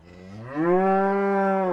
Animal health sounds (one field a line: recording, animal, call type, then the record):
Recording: contact call of a hoofed animal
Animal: cattle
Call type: low-frequency (closed-mouth) or high-frequency (open-mouth) call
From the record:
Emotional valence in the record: negative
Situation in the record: full separation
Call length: 1.72 s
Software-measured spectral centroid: 960 Hz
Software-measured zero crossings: 1240 a second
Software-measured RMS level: -23 dBFS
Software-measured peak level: -10 dBFS